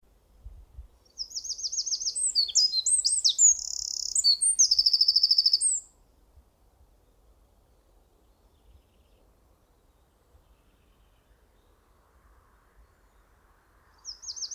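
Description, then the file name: Eurasian wren song, a vigorous stream of very high warbles and buzzy trills for about five seconds, followed by silence and the start of another phrase. "Troglodytes troglodytes"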